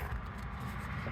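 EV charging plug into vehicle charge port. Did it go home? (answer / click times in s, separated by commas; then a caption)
no / none. An EV charging plug is handled at the vehicle's charge port, with a steady low rumble and broadband background noise throughout the 1.1-second clip and no sharp transients. The plug has not yet seated or clicked into the port.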